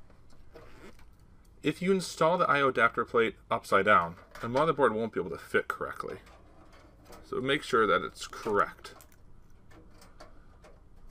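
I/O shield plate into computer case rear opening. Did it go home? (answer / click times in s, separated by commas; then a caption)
no / none. Someone talks while an I/O shield plate is checked for orientation and positioned in the rear opening of a computer case before being pushed home, since a plate installed upside down would keep the board from fitting correctly. Only light ticking handling sounds are heard, and nothing has seated or clicked yet.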